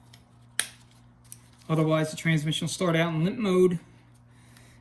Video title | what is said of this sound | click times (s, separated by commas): 4. GM 4L60E Rebuild - Final Assembly | I want to make sure they all click into place. | 0.6 s